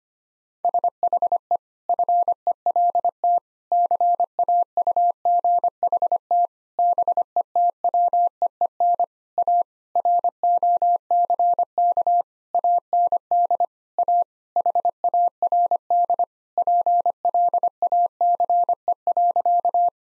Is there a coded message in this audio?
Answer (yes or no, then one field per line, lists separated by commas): yes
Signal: Morse code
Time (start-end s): 0.6-19.9 s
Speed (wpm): 25 wpm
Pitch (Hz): 700 Hz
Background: none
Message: SHE FELT CAUGHT BETWEEN A ROCK AND A HARD PLACE.